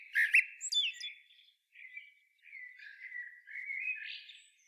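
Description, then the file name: Common blackbird giving a short fluty phrase with squeaky high notes, then a longer, subdued warbling passage. "Turdus merula"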